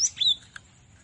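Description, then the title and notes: Cinereous tit giving a few quick, high, thin chirps with a short sliding note, then a single brief tick and quiet hiss. Masteran training recording for songbirds. "Masteran Gelatik Batu. burung gelatik"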